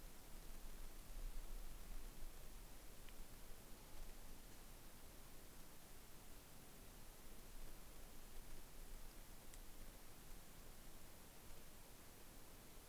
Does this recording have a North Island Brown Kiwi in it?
no